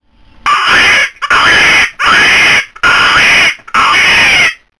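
Five harsh, hissing rasps from a chicken, each lasting under a second, repeat about once a second with short gaps between them. This raspy breathing noise is a sign of a respiratory problem.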